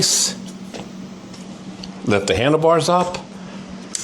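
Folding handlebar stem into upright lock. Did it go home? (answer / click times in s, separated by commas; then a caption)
yes / 3.9 s. On an Addmotor Citytan folding electric trike, the handlebars are lifted up and the folding handlebar stem is raised into its upright lock while someone talks. A sharp click at 4.0 s marks the stem locking in place, seated upright.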